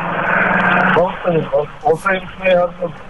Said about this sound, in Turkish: Kamyon geçti demin. Üzerinizden.